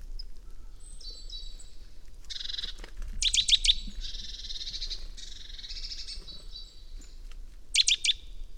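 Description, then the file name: Great tit harsh buzzy churring calls in several bursts, mixed with quick sharp clicking notes in groups of three or four and a few thin high whistles; low background rumble throughout. "Parus major"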